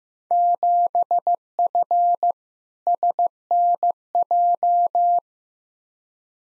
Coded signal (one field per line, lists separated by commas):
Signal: Morse code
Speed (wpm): 15 wpm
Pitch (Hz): 700 Hz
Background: none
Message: 7F SNJ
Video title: Field Day Exchange v3 - 15wpm